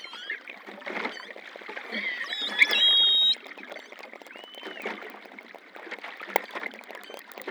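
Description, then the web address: Long-finned pilot whale whistles, faint curving tones over clicking, with one brief loud steady whistle in the middle. Recorded in the Antilles. "Voile'Ocean Audio prez Globi antilles globicephala Melas Apex Cetacea Gouf"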